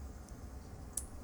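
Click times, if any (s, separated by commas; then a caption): 1.0 s. A drug cartridge is pushed into the plastic body of a Spiriva Respimat soft-mist inhaler, giving a faint tick at 0.3 s and a sharp click at 1.0 s over a low background rumble. The cartridge is still not fully seated and has to be pressed in harder.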